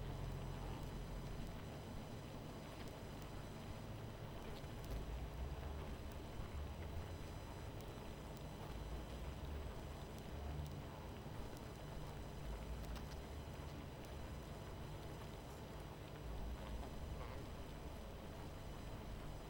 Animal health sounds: honeybee colony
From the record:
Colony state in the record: missing queen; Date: 14 July 2017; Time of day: 23:05

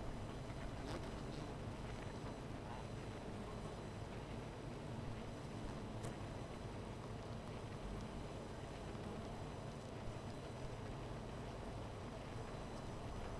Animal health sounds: honeybee colony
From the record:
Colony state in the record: missing queen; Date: 14 July 2017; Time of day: 13:40

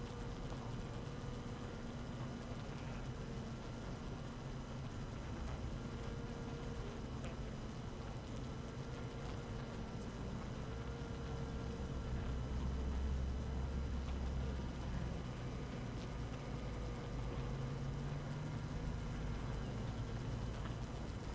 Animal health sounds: honeybee colony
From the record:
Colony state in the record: active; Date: 12 June 2018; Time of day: 6:23

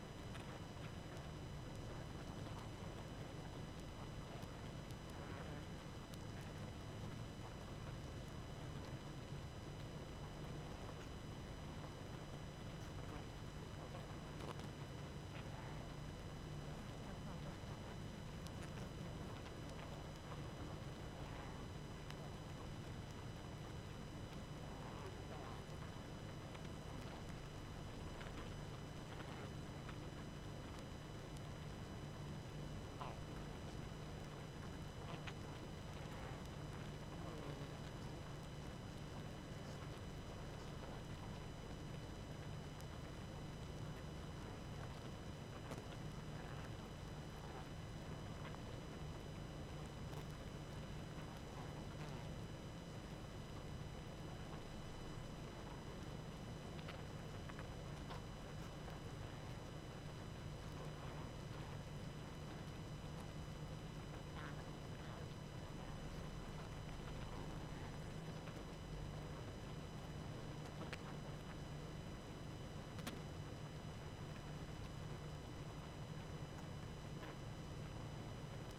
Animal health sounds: honeybee colony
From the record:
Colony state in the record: active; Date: 12 June 2018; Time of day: 20:56

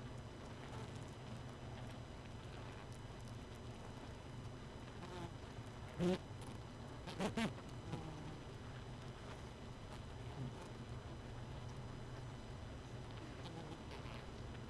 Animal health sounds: honeybee colony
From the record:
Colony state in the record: missing queen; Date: 31 May 2018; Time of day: 1:40

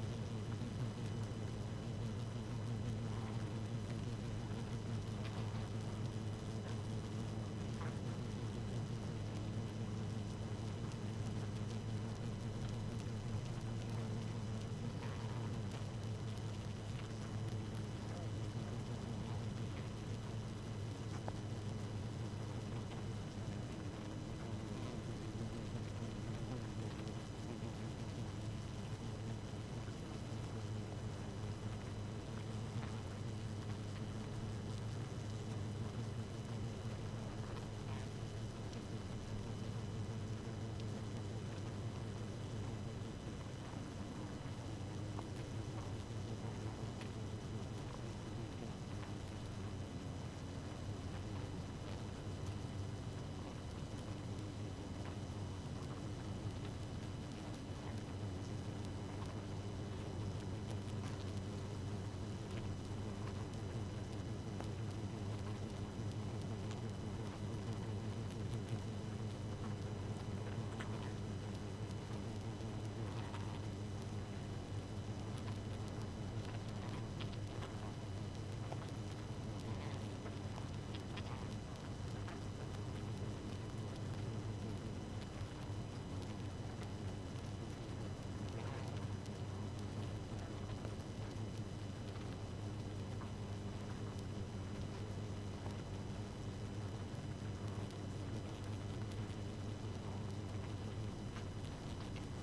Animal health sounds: honeybee colony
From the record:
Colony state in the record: active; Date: 12 June 2018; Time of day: 0:24

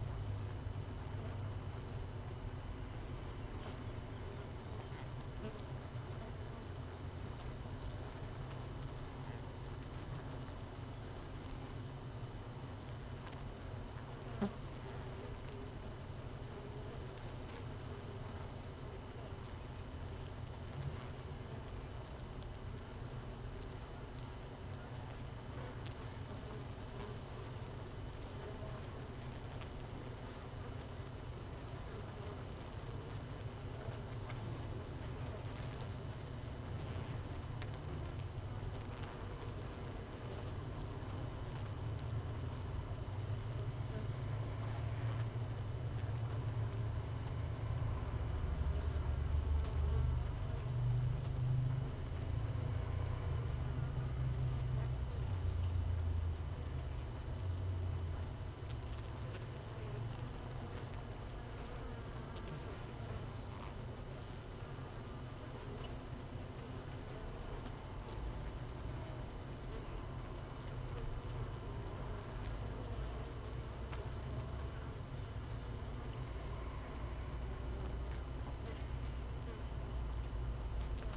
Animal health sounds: honeybee colony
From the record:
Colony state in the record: missing queen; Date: 31 May 2018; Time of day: 6:17

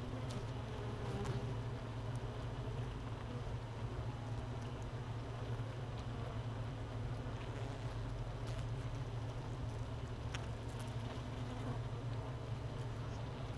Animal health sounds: honeybee colony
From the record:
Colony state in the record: missing queen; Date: 31 May 2018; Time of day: 13:19

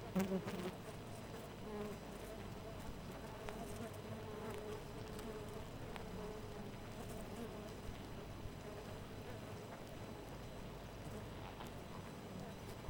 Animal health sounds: honeybee colony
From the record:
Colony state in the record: missing queen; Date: 14 July 2017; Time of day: 4:44

